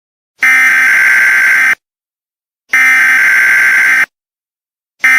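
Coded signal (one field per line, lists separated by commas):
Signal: Emergency Alert System (SAME) tones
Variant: header bursts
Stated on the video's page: Compilation of six homemade EAS scenario videos, fictional alerts.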